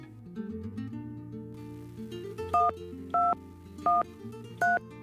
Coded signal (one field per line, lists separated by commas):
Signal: DTMF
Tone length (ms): 180 ms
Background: music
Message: 1213